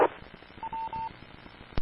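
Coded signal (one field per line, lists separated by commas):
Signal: none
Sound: a repeater's courtesy beeps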